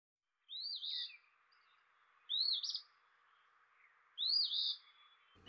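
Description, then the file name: Eastern phoebe giving quiet, hoarse 'fee-bee' phrases, three complete and a fourth starting at the end, spaced about two seconds apart over low background noise. "dan gibsons solitudes eastern phoebe"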